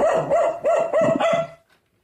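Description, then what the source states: Dog barking, several sharp, high yapping barks in quick succession over a second and a half, then silence. Played back in a radio breed-guessing game; breed described as common and well known, often crossed with others.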